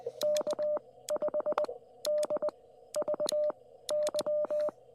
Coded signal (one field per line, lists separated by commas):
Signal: Morse code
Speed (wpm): 20 wpm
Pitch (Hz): 600 Hz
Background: none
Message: K5DVY